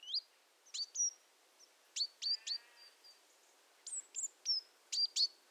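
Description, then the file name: Great tit calls: a series of sharp high chips and thin downslurred notes, irregularly spaced, with no other clear sounds. "Parus major"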